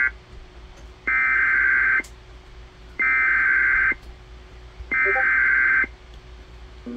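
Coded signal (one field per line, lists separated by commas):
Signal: Emergency Alert System (SAME) tones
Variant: header bursts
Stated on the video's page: Severe Thunderstorm Warning for Hardee County, Florida, received as an EAS alert via station WAHC.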